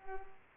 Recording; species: mosquito wingbeat signal from an infrared sensor; Culex pipiens